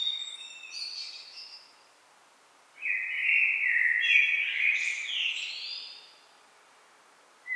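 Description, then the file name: Common blackbird song phrase: a rich mellow warble sliding into higher squeaky notes, preceded by faint high twittering. "Turdus merula"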